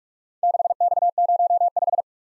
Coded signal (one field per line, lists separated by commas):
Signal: Morse code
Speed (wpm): 46 wpm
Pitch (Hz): 700 Hz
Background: none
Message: 6X05